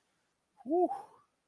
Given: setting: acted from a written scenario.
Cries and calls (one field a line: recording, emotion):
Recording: vocal sound without words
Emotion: serenity